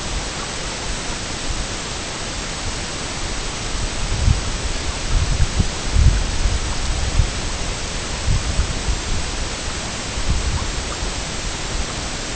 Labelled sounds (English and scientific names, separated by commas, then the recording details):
none
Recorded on Arctic tundra, site EABA-MC, on 22 June 2019
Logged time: 00:00